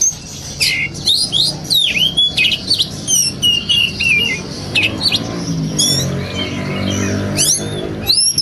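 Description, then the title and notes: Oriental magpie-robin song: a busy stream of sharp chirps, squeaky slurs and high whistles, crowded together, over a rumbling low background. Long-duration song fill for training birds, meant to make them sing loudly day and night. "Kacer Jadi Gacor Siang Malam. Isian Kacer Durasi Panjang"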